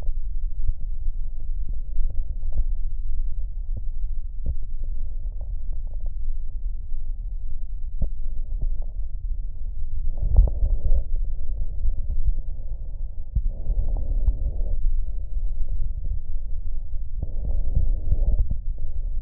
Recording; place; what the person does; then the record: lung sounds by stethoscope; right posterior basal chest; quiet breathing, then deep breathing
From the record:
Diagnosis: interstitial lung disease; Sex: female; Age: 60 years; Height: 152 cm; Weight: 55.9 kg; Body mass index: 24.2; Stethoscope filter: extended mode